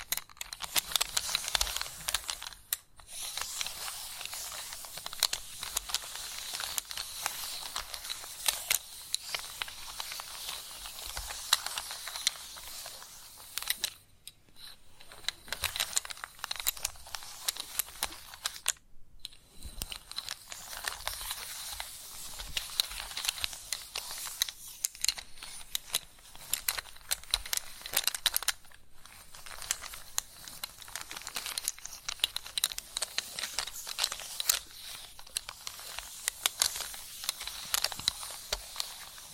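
Chalk scratches and scrapes in dense, gritty bursts with a bright, hissy edge, running almost continuously. Short silences break it near 3, 14, 19, 25 and 29 seconds, and quick tapping strokes mix in among the longer carving drags.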